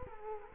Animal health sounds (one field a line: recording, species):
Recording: mosquito wingbeat signal from an infrared sensor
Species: Culex quinquefasciatus